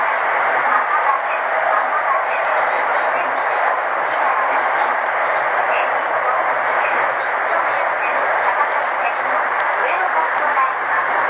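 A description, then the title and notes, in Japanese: A Saikyō Line train runs with a steady, dense rushing roar over a low hum, staying even for the whole stretch with murmur-like texture. JRE233系 武蔵浦和〜新宿。埼京線の走行音です。ICレコーダーで録音しました。編成は10両編成。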